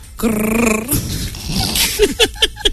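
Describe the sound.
A person imitates a pigeon: first a sustained, throaty, buzzing coo, then a rough breathy rasp, ending in three or four quick squeaky chirps. No words are spoken.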